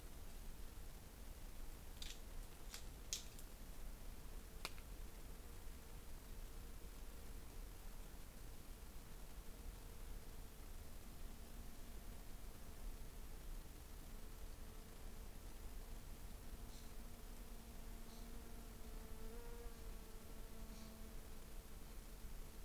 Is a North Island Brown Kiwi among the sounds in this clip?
no